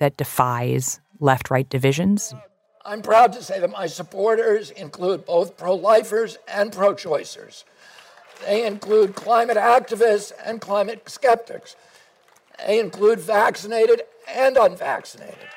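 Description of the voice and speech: An adult man speaks at a public political rally in Philadelphia, delivering short phrases separated by pauses. He has spasmodic dysphonia, which affects the sound of his voice, making it sound rugged and rough.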